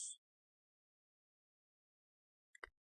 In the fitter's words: there we go now we got that satisfying snap